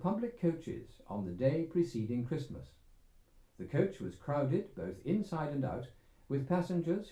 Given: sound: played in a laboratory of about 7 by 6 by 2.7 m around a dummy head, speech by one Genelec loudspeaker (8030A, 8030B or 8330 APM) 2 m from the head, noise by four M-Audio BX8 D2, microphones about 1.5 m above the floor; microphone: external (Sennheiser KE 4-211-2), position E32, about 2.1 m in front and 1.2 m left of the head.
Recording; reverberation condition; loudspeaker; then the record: male speech in English; low; 60 degrees to the left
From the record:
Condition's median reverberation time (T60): about 310 ms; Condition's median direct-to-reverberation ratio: about 3.5 dB